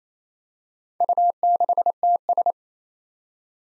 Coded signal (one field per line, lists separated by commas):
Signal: Morse code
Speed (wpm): 28 wpm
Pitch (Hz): 700 Hz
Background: none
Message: U6TS